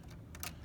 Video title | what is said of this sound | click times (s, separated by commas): Bernina 330 CLOSEOUT PRICING | it'll snap into place just like that | 0.4 s